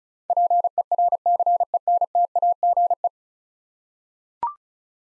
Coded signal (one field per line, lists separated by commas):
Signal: Morse code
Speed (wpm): 36 wpm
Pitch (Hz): 700 Hz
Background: none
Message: PERCENTAGE